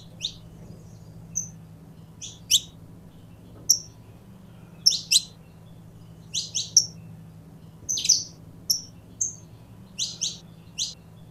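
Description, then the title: Belgian canary delivering spaced high chirps and short whistled notes, some in pairs, over a low steady hum. Purebred Belgian canary. "Canto Do Canário Belga Puro"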